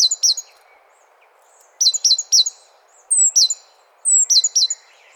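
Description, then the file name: Great tit calls in quick clusters of three or four high, sharp, downslurred notes, repeated several times, over faint background hiss. "Parus major"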